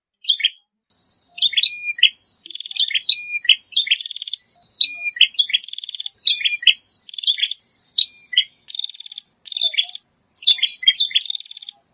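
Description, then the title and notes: Bar-winged prinia song: quick series of sharp, high chirpy notes, some dropping in pitch, in short bursts about every second with brief pauses between. Compilation of songs used for training caged songbirds (masteran). "Kompilasi Suara Ciblek Prenjak Cocok Untuk Masteran. Kicau Burung Prenjak Ciblek"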